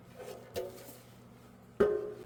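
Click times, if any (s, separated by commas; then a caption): 1.8 s. A plastic air filter housing lid on a Peterbilt semi truck's air cleaner housing is lined up with the correct holes, pushed down and turned clockwise. A soft knock comes at about 0.6 s, then a single sharp hit at 1.8 s as the lid locks into place.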